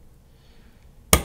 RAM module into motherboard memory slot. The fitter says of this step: this push in one end first and you hear click and then push in the other have